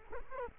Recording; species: mosquito wingbeat signal from an infrared sensor; Culex quinquefasciatus